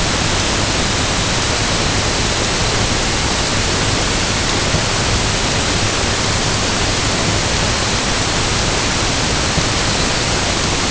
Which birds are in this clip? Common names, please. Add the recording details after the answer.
none. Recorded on Arctic tundra, site UTQI-5, on 21 June 2018. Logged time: 06:00